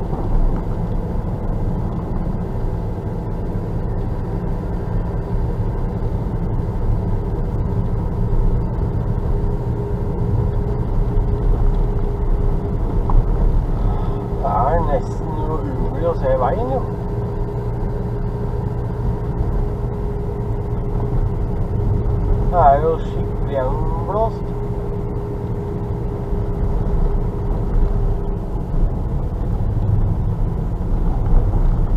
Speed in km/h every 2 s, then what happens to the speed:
44, 45, 46, 44, 45, 46, 47, 46, 47, 47, 46, 47, 46, 46, 44, 43.
0-32 steady at about 46.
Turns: none.